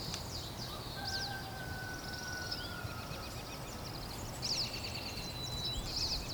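Several birds singing at once, with high thin whistles, a long steady lower whistle and quick chattering notes over a constant broad hiss of background noise.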